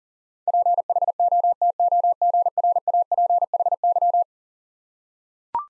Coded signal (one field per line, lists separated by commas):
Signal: Morse code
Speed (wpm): 40 wpm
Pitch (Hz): 700 Hz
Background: none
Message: PHOTOGRAPHY